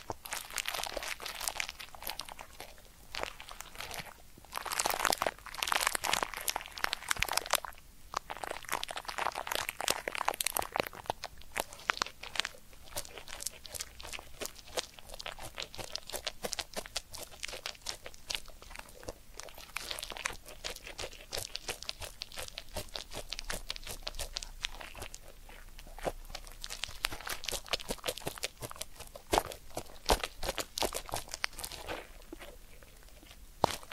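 Ear cleaning triggers: dense, crackly crinkling and scratching throughout, with bright bursts around five to eleven seconds and rapid ticking later.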